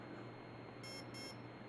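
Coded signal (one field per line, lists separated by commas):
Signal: beep code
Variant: Align ESC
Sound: two short high beeps in quick succession over a low steady hum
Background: low electrical hum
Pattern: 2 short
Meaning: Second programming mode: timing setting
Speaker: it's going to two beeps so it's in the second mode timing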